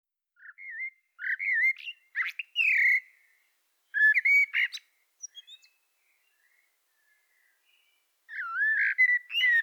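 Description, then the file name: Common blackbird singing fluty warbled phrases with thin high squeaky twitters, in bursts with short pauses and a quiet gap midway. "Turdus merula"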